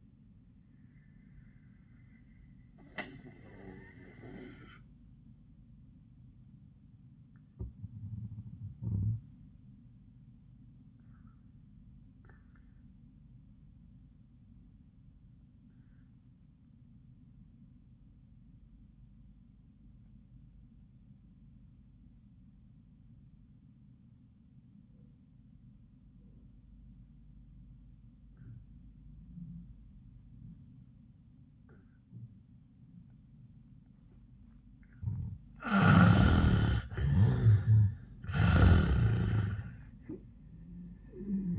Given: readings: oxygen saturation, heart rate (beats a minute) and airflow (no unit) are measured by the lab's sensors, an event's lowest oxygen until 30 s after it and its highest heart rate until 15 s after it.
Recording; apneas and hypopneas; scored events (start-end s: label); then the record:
breathing in sleep by a smartphone at the bedside; 1
9.00-41.59 s: new sleep stage, REM sleep
12.00-37.20 s: obstructive apnea (REM, oxygen 98% highest, then 81% lowest, heart rate 85 at the start, 92 highest)
From the record:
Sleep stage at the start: N1 (lightest sleep); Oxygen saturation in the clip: 80 to 98%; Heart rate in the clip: 71 to 98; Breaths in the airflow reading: 4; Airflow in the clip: -15.9 to 11.3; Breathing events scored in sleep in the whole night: 400 in 8.7 hours asleep